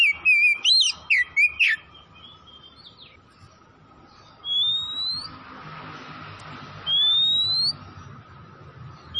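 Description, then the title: Oriental magpie-robin song: a quick run of whistled notes, then a pause and two long, clear upslurred whistles separated by a soft hiss. Tretes, singing vigorously (gacor). "Kacer Tretes"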